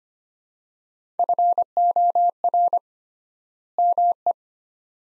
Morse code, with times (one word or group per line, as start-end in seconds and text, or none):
1.2-2.8 FOR
3.8-4.3 ME